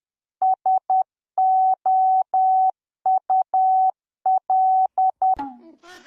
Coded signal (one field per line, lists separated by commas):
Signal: Morse code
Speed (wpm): 10 wpm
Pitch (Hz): 760 Hz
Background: none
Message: SOUL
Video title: KAELA told her chat to learn morse code for her anniversary, of course they will learn it right?